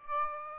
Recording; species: mosquito wingbeat signal from an infrared sensor; Aedes aegypti